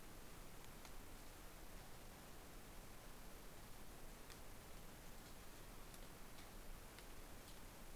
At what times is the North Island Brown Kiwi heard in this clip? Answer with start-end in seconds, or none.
none